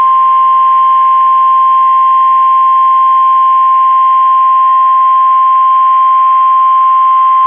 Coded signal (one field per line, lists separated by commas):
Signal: Emergency Alert System (SAME) tones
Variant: 1050 Hz attention tone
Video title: [EAS] Severe Thunderstorm Watch for Parts of Northern Minnesota (July 31, 2024)